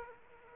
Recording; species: mosquito wingbeat signal from an infrared sensor; Aedes aegypti